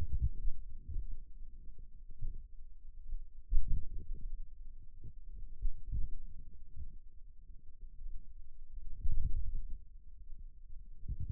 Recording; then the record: forearm muscle sounds (acoustic myography)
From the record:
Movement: wrist flexion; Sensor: system 2, bracelet of six BSWA MPA416 microphones around the upper forearm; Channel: 1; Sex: male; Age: 22 years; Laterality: right